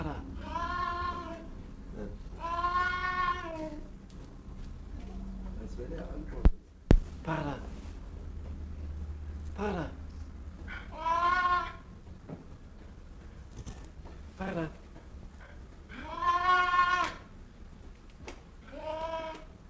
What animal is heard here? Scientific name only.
Neofelis nebulosa